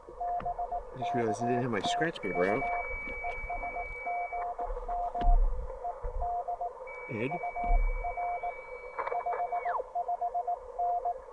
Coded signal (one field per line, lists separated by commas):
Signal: Morse code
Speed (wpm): 18 wpm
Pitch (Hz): 700 Hz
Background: speech, radio noise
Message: BK TU ES GM ED UR 55N